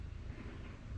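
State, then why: Not seated. A crimped wire terminal is oriented by its tab and handled against a plastic connector housing while rewiring a Spitfire. Only a steady low rumble with broadband, wind-like noise is heard, with no sharp transients. Nothing has seated or clicked yet.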